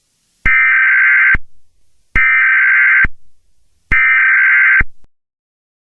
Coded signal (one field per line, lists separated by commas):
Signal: Emergency Alert System (SAME) tones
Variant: header bursts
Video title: EAS Scenario #2: Light's Rampage (Teaser) Disclaimer in descrition.